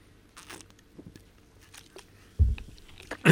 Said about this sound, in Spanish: Voy a tomar un buchito de agua.